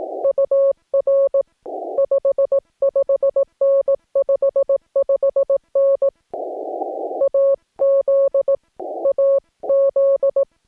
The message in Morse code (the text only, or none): UR 55N 55N AZ AZ